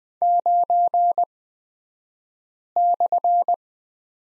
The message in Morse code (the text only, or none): 9/